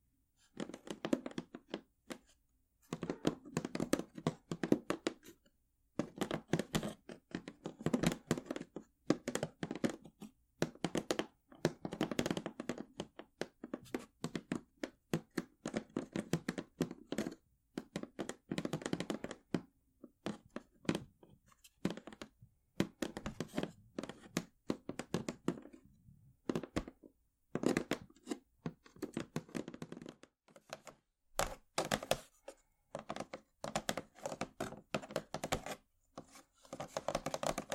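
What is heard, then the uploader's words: Wooden ASMR triggers: quick runs of tapping and knocking on wood, with hollow thunks and crisp clicks packed tightly together. The bursts come in clusters separated by brief pauses, around 3, 20 and 31 seconds, and the rhythm keeps shifting throughout. ASMR Wooden Triggers 1hour（No Talking）.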